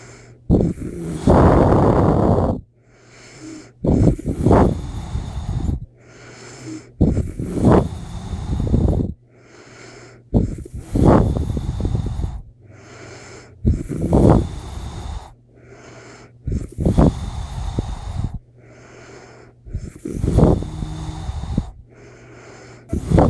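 An adult woman snoring, with loud, low-pitched snores recurring every few seconds during sleep.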